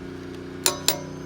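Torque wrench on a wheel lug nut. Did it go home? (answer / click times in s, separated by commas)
yes / 0.7 s, 0.9 s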